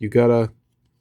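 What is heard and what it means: A plastic part of a Transformers Studio Series AOE Optimus Prime action figure is being handled into the toy's body during transformation. Someone talks briefly, then there is near silence. Nothing has seated or clicked into place yet.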